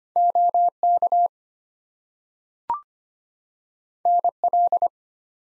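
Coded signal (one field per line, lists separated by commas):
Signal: Morse code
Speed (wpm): 25 wpm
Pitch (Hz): 700 Hz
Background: none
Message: OK NL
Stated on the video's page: Head-copy drill of US state and Canadian province names at 25 wpm, each sent in Morse, spoken, then sent again.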